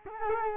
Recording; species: mosquito wingbeat signal from an infrared sensor; Culex quinquefasciatus